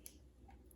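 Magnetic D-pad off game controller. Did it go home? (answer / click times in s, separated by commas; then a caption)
released / 0.1 s. The round, magnetic D-pad of an Xbox Elite Series 2 controller is pried up off the controller face. A small, sharp tick is heard at 0.1 s as it releases from its magnetic mount. The D-pad pops off.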